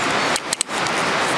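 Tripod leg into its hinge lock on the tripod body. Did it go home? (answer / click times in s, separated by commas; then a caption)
yes / 0.5 s, 0.6 s. A leg of a new aluminium travel tripod is unfolded and snaps into its hinge lock on the tripod body, giving two sharp clicks at 0.5 s and 0.6 s over a steady broadband background hiss. The leg is seated and locked in place with no wobble.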